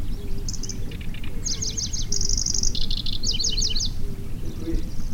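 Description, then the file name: Pallas's grasshopper warbler song: high chirping phrases with a rapid buzzy trill in the middle, then quick notes, over steady low rumbling noise. "Golosa ptic - Pevchij sverchok Locustella certhiola"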